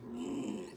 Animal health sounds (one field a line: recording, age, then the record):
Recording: pig call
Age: piglet (1 to 25 days)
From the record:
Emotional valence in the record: negative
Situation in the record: restrain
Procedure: sham castration, cut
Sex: male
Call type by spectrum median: low-frequency call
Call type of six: mixed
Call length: 0.76 s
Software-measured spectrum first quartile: 258 Hz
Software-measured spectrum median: 362 Hz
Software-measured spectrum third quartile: 987 Hz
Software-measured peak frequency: 258 Hz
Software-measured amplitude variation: 119 dB a second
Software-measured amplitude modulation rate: 26.9 a second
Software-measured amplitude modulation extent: 4.4 dB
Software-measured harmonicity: 5.0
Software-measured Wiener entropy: -1.23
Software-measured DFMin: 870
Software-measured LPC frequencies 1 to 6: 318, 2453, 2922, 4355, 5265, 6837 Hz